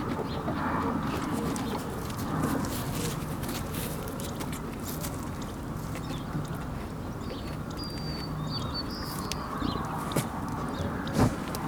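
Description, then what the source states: Sheep grazing, with steady crunching and chewing of grass throughout. Sheep eating grass.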